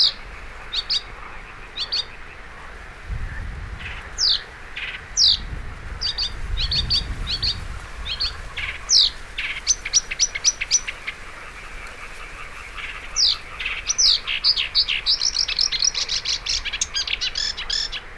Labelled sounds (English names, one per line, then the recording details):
Marsh Warbler song
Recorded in the wild
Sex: male
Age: adult
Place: Kützerhof, Kummerower See, Mecklenburg-Vorpommern, DE
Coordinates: 53.8561, 12.86
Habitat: wetland
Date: 2010-06-06 23:50
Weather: clear, 15°C, weak northerly winds
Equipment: Sound Devices 702, Sennheiser MKH 70, Rycote Windschutz
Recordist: Frommolt, Karl-Heinz